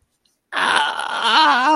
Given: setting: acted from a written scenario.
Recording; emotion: vocal sound without words; pain